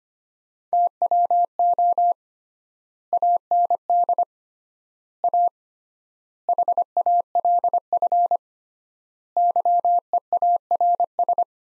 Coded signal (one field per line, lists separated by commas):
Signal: Morse code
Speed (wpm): 25 wpm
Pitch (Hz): 700 Hz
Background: none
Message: TWO AND A HALF YEARS